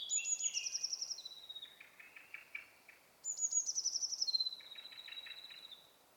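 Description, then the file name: European robin: bird song in two repeated phrases, each a very high stuttered trill followed by thin held whistles and lower pulsed notes, over a steady hiss of background noise. "Erithacus rubecula"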